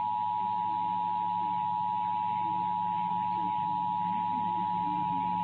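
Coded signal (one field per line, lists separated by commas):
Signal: Emergency Alert System (SAME) tones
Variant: 853 and 960 Hz attention tone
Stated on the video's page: Kansas statewide Amber Alert test via EAS, captured on an Elgato game capture card.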